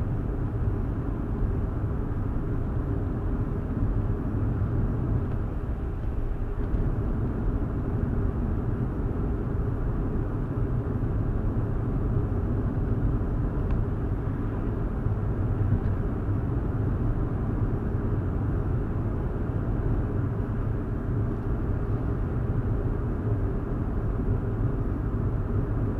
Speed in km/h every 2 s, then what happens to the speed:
63, 64, 64, 66, 66, 68, 68, 69, 71, 71, 69, 69, 69.
0-26 steady at about 68.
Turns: none.